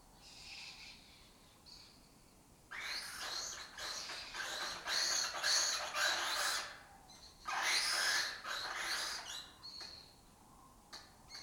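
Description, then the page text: Lesser kestrels chattering: two long, loud bouts of harsh grating calls separated by a brief pause, followed by scattered single notes. Migratory raptor that forages in West Africa and breeds in southern Europe; a colony has taken over an abandoned building in Doñana. "Lesser Kestrels Took Over an Abandoned Building. Here in Doñana"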